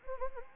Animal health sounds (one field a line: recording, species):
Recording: mosquito wingbeat signal from an infrared sensor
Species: Anopheles arabiensis